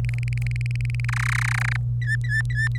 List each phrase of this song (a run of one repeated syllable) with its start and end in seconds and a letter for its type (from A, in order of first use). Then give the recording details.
0.04-1.05 A, 1.08-1.76 B, 2.02-2.79 C. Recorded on 25 April 2018 at 17:45. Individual llb3